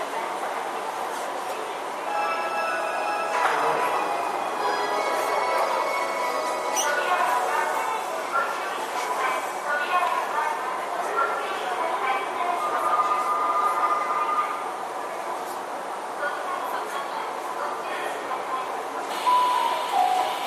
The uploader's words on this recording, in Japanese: 東急5050系4000番台 元町・中華街ー渋谷。東急東横線、みなとみらい線で録音をしました。東急5050系 元町•中華街-渋谷。